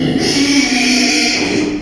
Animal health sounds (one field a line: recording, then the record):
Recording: squeal of a Yucatan mini pig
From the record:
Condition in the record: after surgery on the right vocal fold (resection and tissue-engineered implant)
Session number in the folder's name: 2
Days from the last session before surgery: 13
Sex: male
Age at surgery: 12 weeks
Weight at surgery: 13 kg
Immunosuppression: cyclosporine, prednisolone